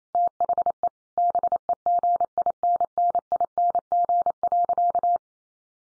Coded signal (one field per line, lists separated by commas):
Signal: Morse code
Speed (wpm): 28 wpm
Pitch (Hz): 700 Hz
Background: none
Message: THE BEGINNING.